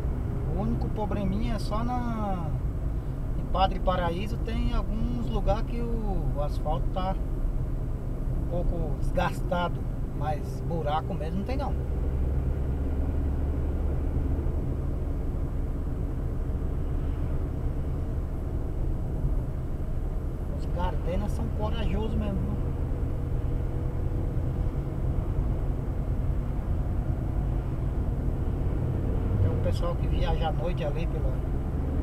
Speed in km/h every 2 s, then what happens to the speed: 59, 56, 56, 53, 51, 53, 57, 58, 58, 58, 62, 64, 66, 68, 70, 74.
0-9 slows to 51. 9-32 speeds up to 74.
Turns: none.